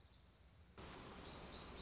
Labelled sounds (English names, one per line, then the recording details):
Black-throated Gray Warbler
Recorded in Sonoma County, California